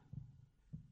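Two dull, low thumps about 0.6 seconds apart: a regular adult heartbeat near 100 a minute, sounding normal, played from a recording.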